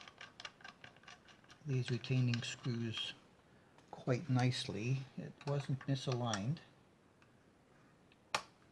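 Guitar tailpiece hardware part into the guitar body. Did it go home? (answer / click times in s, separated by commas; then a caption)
yes / 8.4 s. A tailpiece hardware part is pressed into its seat on a Harley Benton SC 400 SGT guitar body during reassembly. Someone talks over a few faint ticks, then the part snaps into place with one sharp click at 8.4 s, seated.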